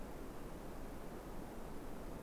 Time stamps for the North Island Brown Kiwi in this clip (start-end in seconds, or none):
none